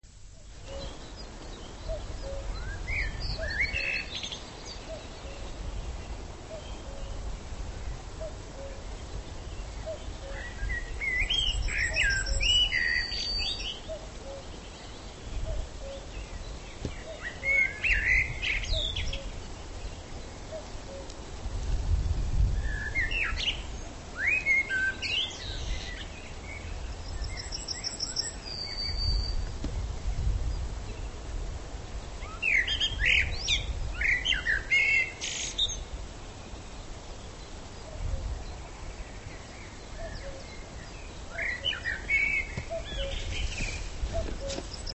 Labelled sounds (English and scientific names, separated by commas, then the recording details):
Common Cuckoo (Cuculus canorus), Common Blackbird (Turdus merula), Yellowhammer (Emberiza citrinella)
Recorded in the wild
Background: Turdus merula, Emberiza citrinella
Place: Lübars (Fließtal), Berlin, DE
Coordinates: 52.6167, 13.35
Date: 1999-05-01 10:54
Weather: heiter, 15°C
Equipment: Nagra SN, Kopie Uher 4000 Report Monitor
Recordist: Tembrock, Günter